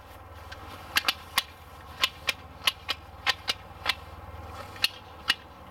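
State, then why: Seated. A telescoping aluminum ladder is extended section by section while someone stands on the bottom rung and pulls each section up, and each section's locking latch clicks into the next. Sharp, bright latch clicks are heard at 1.0, 1.4, 2.7, 3.9, 4.9 and 5.3 seconds, with other similar clicks in between over a low steady hum. All the sections lock into place and the ladder is fully extended.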